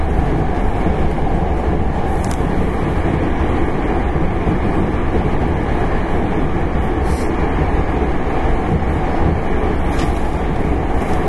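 A 9300-series express train runs steadily along the Kyoto Line with a dense, rumbling roar and brief bright clicks near 2, 7 and 10 seconds.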